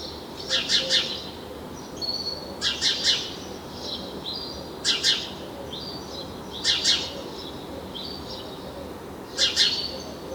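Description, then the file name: House sparrow chirping: clusters of two or three harsh chirps about every two seconds, with fainter thin high notes in between. "Passer domesticus"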